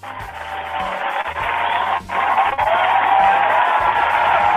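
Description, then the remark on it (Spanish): A burst of loud, dense applause for a new channel subscriber, steady clapping from many hands that runs for several seconds with a brief dip partway through, no voices over it. “Le tiremos un aplauso.”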